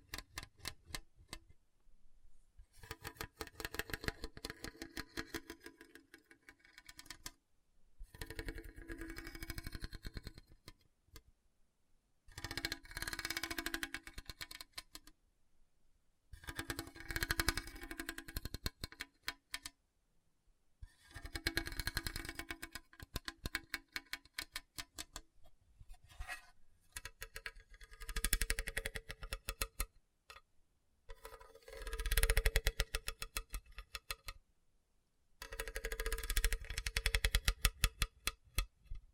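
Scratching on a hard, bumpy surface comes in bursts of a few seconds, separated by short silent gaps. Each burst is a dense, raspy run of quick ticking clicks that sounds bright and coarse. The pattern repeats about ten times with fairly even spacing.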